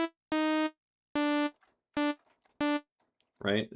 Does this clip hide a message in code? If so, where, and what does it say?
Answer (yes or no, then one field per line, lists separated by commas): no